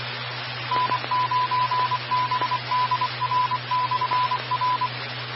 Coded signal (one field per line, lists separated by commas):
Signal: Morse code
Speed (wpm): 24 wpm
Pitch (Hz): 1000 Hz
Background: radio noise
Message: N9BDR/R